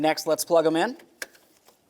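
Someone talks about plugging in the cooling fan wiring connector into its mating plug after the radiator is mounted on a 1999-2003 Toyota Solara. A brief sharp handling sound follows at about 1.2 s, but nothing has seated or clicked yet.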